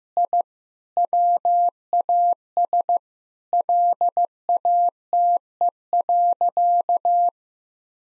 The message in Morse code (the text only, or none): I WAS LATE.